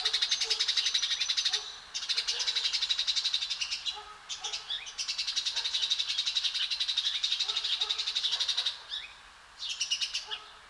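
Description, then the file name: House sparrow chatter: dense, rapid trains of harsh chirping notes in long bursts separated by brief pauses. "Passer domesticus"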